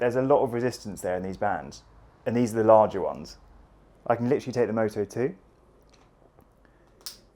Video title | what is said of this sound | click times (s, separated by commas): The New Beeline Moto II - Unboxing and Testing | and you hear that click it's in | 7.1 s